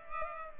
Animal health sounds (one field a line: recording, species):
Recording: mosquito wingbeat signal from an infrared sensor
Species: Culex pipiens